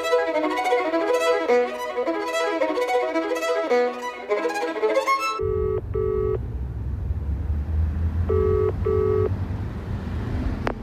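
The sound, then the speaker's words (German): A telephone line rings in two double bursts of steady electronic tone over a low, continuous rumble, after a dense run of bright pulsing tones that suggests dialing. “Da vorne an der Tankstelle ist ein Telefon.”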